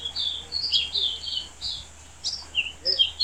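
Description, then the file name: Silvereye calls: thin high chirps and short twittering notes in a loose irregular series, with a faint steady low hum beneath. Subspecies vegetus. "Zosterops Lateralis Vegetus"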